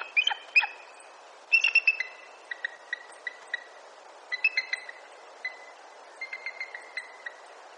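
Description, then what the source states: Bird calls: bursts of sharp, high chirps and short clipped notes in uneven clusters, some trilled, over a faint hiss. Bird calls, northern Illinois.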